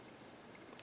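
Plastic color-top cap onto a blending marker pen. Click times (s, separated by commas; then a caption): 0.8 s. A small plastic color-top cap is pushed onto the end of a blending marker pen so the two nibs meet. After a low, steady background, it snaps into place with a short, sharp click at 0.8 s. No one talks during the clip.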